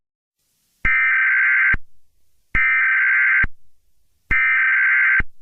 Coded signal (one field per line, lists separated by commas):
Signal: Emergency Alert System (SAME) tones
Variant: header bursts